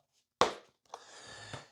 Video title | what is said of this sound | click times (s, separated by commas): Assembly, XFly F-14 Twin 40mm EDF from Banana Hobby (including setup) | your gear put it in the slot feed it in until you hear a pop | 0.4 s